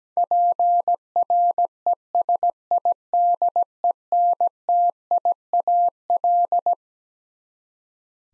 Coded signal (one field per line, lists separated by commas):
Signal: Morse code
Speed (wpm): 17 wpm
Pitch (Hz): 700 Hz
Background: none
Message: PRESIDENTIAL